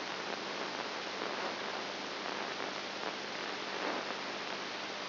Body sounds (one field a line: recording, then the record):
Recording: brain microelectrode recording played as sound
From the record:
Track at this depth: inside the subthalamic nucleus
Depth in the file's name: 4.7 mm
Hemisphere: right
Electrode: 2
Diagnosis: Parkinson's disease